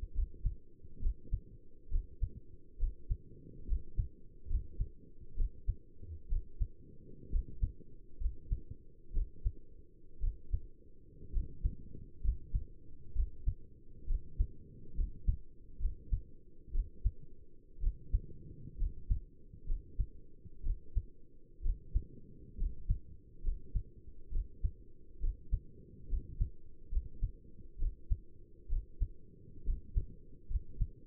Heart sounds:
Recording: heart sounds by stethoscope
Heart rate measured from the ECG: 65 bpm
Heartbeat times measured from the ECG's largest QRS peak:
0.15 s: heartbeat
1.02 s: heartbeat
1.91 s: heartbeat
2.80 s: heartbeat
3.68 s: heartbeat
4.50 s: heartbeat
5.37 s: heartbeat
6.30 s: heartbeat
7.32 s: heartbeat
8.21 s: heartbeat
9.14 s: heartbeat
10.21 s: heartbeat
11.33 s: heartbeat
12.23 s: heartbeat
13.15 s: heartbeat
14.08 s: heartbeat
14.96 s: heartbeat
15.81 s: heartbeat
16.73 s: heartbeat
17.82 s: heartbeat
18.79 s: heartbeat
19.67 s: heartbeat
20.64 s: heartbeat
21.63 s: heartbeat
22.59 s: heartbeat
23.44 s: heartbeat
24.32 s: heartbeat
25.21 s: heartbeat
26.10 s: heartbeat
26.92 s: heartbeat
27.80 s: heartbeat
28.70 s: heartbeat
29.66 s: heartbeat
30.50 s: heartbeat
From the record:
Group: healthy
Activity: rest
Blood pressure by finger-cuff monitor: 90/59 mmHg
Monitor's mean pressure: 70 mmHg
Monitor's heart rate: 67 bpm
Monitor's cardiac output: 5.9 L/min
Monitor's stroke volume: 93 mL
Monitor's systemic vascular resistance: 830 dyn s/cm5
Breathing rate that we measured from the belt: 16 breaths a minute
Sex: male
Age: 22 years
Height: 181 cm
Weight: 79 kg

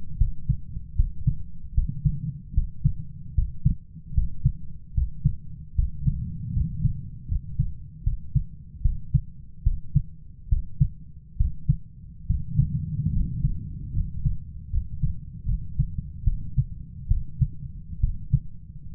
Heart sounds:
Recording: heart sounds by stethoscope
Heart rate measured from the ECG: 74 bpm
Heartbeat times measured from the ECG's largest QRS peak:
0.17 s: heartbeat
0.95 s: heartbeat
1.74 s: heartbeat
2.53 s: heartbeat
3.34 s: heartbeat
4.13 s: heartbeat
4.93 s: heartbeat
5.74 s: heartbeat
6.52 s: heartbeat
7.27 s: heartbeat
8.03 s: heartbeat
8.81 s: heartbeat
9.62 s: heartbeat
10.48 s: heartbeat
11.36 s: heartbeat
12.26 s: heartbeat
13.11 s: heartbeat
13.92 s: heartbeat
14.69 s: heartbeat
15.45 s: heartbeat
16.23 s: heartbeat
17.07 s: heartbeat
18.00 s: heartbeat
18.92 s: heartbeat
From the record:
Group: healthy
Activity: rest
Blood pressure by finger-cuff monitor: 130/78 mmHg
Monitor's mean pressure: 92 mmHg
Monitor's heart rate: 77 bpm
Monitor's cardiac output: 7.6 L/min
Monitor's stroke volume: 101 mL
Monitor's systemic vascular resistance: 880 dyn s/cm5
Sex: male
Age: 23 years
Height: 178 cm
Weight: 96.6 kg

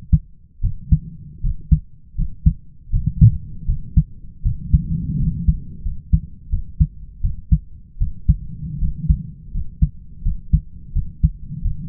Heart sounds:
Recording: heart sounds by stethoscope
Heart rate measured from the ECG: 82 bpm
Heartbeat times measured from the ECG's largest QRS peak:
0.61 s: heartbeat
1.41 s: heartbeat
2.15 s: heartbeat
2.90 s: heartbeat
3.65 s: heartbeat
4.42 s: heartbeat
5.17 s: heartbeat
5.82 s: heartbeat
6.49 s: heartbeat
7.21 s: heartbeat
7.98 s: heartbeat
8.79 s: heartbeat
9.51 s: heartbeat
10.22 s: heartbeat
10.93 s: heartbeat
11.62 s: heartbeat
From the record:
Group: healthy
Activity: rest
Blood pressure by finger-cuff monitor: 113/65 mmHg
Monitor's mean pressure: 75 mmHg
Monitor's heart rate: 78 bpm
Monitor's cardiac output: 5.8 L/min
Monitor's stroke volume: 75 mL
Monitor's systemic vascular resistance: 910 dyn s/cm5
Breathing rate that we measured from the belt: 16 breaths a minute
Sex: male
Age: 20 years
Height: 167 cm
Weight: 61 kg

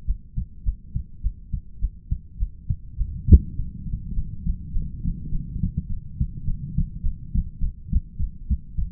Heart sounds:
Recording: heart sounds by stethoscope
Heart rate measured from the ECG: 103 bpm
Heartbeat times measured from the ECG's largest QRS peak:
0.05 s: heartbeat
0.63 s: heartbeat
1.21 s: heartbeat
1.79 s: heartbeat
2.37 s: heartbeat
2.96 s: heartbeat
3.54 s: heartbeat
4.13 s: heartbeat
4.72 s: heartbeat
5.30 s: heartbeat
5.87 s: heartbeat
6.44 s: heartbeat
7.02 s: heartbeat
7.59 s: heartbeat
8.17 s: heartbeat
8.76 s: heartbeat
From the record:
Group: heart failure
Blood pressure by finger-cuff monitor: 69/47 mmHg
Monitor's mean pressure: 57 mmHg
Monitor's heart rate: 103 bpm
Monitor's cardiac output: 7.1 L/min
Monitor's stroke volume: 71 mL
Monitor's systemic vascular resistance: 560 dyn s/cm5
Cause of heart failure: ischemic heart disease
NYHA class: 1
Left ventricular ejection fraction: 38%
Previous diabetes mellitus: present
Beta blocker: bisoprolol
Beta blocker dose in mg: 15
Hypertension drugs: sacubitril-valsartan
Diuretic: furosemide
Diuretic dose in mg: 20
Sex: male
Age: 33 years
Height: 172 cm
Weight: 78.5 kg

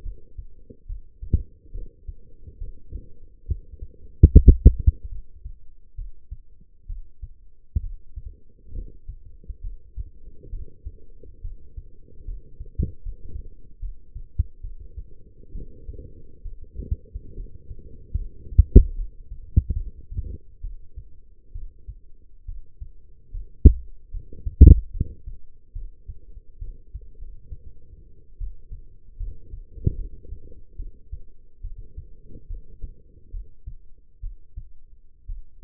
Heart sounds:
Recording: heart sounds by stethoscope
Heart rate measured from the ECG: 70 bpm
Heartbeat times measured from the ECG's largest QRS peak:
0.03 s: heartbeat
0.86 s: heartbeat
1.72 s: heartbeat
2.58 s: heartbeat
3.46 s: heartbeat
4.29 s: heartbeat
5.09 s: heartbeat
5.96 s: heartbeat
6.87 s: heartbeat
7.81 s: heartbeat
8.73 s: heartbeat
9.61 s: heartbeat
10.50 s: heartbeat
11.41 s: heartbeat
12.25 s: heartbeat
13.03 s: heartbeat
13.79 s: heartbeat
14.61 s: heartbeat
15.52 s: heartbeat
16.42 s: heartbeat
17.35 s: heartbeat
18.16 s: heartbeat
18.95 s: heartbeat
19.75 s: heartbeat
20.61 s: heartbeat
21.52 s: heartbeat
22.46 s: heartbeat
23.31 s: heartbeat
24.11 s: heartbeat
24.91 s: heartbeat
25.73 s: heartbeat
26.59 s: heartbeat
27.19 s: heartbeat
28.38 s: heartbeat
29.17 s: heartbeat
29.96 s: heartbeat
30.76 s: heartbeat
31.61 s: heartbeat
32.47 s: heartbeat
33.31 s: heartbeat
34.21 s: heartbeat
35.26 s: heartbeat
From the record:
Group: healthy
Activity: cold pressor test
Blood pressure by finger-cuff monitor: 148/88 mmHg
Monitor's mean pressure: 108 mmHg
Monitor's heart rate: 70 bpm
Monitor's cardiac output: 6.4 L/min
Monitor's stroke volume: 91 mL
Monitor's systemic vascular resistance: 1260 dyn s/cm5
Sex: female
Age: 22 years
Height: 171 cm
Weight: 65.6 kg

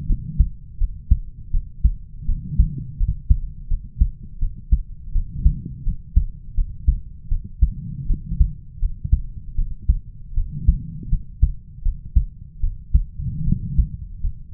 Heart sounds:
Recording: heart sounds by stethoscope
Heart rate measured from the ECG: 81 bpm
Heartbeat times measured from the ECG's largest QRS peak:
0.07 s: heartbeat
0.78 s: heartbeat
1.51 s: heartbeat
2.26 s: heartbeat
2.97 s: heartbeat
3.68 s: heartbeat
4.39 s: heartbeat
5.12 s: heartbeat
5.83 s: heartbeat
6.54 s: heartbeat
7.28 s: heartbeat
8.07 s: heartbeat
8.79 s: heartbeat
9.55 s: heartbeat
10.34 s: heartbeat
11.09 s: heartbeat
11.82 s: heartbeat
12.60 s: heartbeat
13.44 s: heartbeat
14.20 s: heartbeat
From the record:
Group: healthy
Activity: rest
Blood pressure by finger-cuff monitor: 95/74 mmHg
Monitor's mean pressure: 80 mmHg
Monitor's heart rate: 82 bpm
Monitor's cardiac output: 5.5 L/min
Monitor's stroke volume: 68 mL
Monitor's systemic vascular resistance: 1040 dyn s/cm5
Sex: male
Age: 20 years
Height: 187 cm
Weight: 68.9 kg

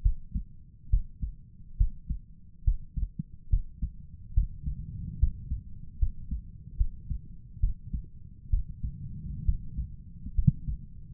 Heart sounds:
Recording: heart sounds by stethoscope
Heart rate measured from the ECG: 70 bpm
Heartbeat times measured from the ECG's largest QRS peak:
0.02 s: heartbeat
0.90 s: heartbeat
1.77 s: heartbeat
2.64 s: heartbeat
3.49 s: heartbeat
4.34 s: heartbeat
5.19 s: heartbeat
5.99 s: heartbeat
6.77 s: heartbeat
7.60 s: heartbeat
8.50 s: heartbeat
9.45 s: heartbeat
10.35 s: heartbeat
From the record:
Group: healthy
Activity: rest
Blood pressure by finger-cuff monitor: 109/68 mmHg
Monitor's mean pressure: 84 mmHg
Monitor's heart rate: 69 bpm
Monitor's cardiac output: 5.6 L/min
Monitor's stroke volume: 81 mL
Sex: male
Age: 35 years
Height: 178 cm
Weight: 64 kg

